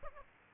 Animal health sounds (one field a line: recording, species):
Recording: mosquito wingbeat signal from an infrared sensor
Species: Aedes aegypti